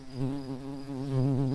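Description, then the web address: Garden bumblebee buzzing, a steady low hum with rich harmonics lasting throughout, slightly wavering and growing a little louder toward the end. Queen. "Hortorum queens"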